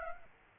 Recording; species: mosquito wingbeat signal from an infrared sensor; Aedes aegypti